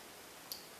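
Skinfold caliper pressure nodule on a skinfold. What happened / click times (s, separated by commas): A small spring mechanism clicked at its set pressure / 0.5 s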